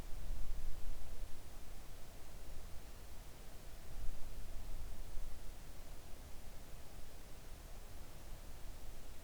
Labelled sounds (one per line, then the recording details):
near silence
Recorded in the Arctic National Wildlife Refuge, Alaska, on 3 August 2019 at 05:22
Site 41